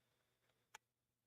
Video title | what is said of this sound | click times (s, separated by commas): Stitching with SnL - Scan n Cut Maintenance and details about a special sale! | there you can kind of hear the little clunk that's the magnet grabbing hold of that | 0.8 s